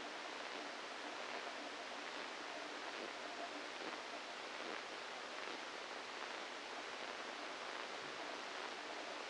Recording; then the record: brain microelectrode recording played as sound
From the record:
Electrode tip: inside the subthalamic nucleus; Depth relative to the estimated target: -1 mm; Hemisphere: left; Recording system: NeuroSet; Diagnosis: Parkinson's disease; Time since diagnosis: 27 years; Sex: male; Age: 62 years